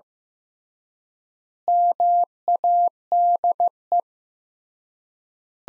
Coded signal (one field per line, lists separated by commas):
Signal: Morse code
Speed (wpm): 15 wpm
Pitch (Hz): 700 Hz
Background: none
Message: MADE